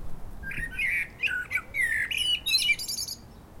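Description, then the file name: Common blackbird singing: low fluted warbling notes run together, ending in thin, squeaky high twitters, filling the whole stretch. "Turdus merula"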